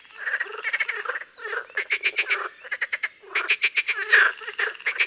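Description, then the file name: Marsh frog croaking: rapid pulsed rattling croaks in bursts of several notes, with short pauses between bursts. "Grenouille rieuse"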